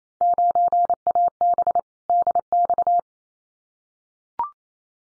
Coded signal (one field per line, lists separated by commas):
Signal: Morse code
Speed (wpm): 28 wpm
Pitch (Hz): 700 Hz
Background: none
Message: 9AB DX